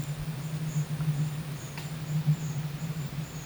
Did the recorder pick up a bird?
no